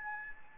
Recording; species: mosquito wingbeat signal from an infrared sensor; Anopheles gambiae